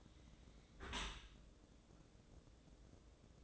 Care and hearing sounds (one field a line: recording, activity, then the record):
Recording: daily activity, microphone in the room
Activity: close dishwasher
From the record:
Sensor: 3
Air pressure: 1012.3 hPa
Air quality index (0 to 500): 164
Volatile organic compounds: 2 ppm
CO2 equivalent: 1257 ppm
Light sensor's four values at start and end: 466/1143/470/463 and 468/1149/473/466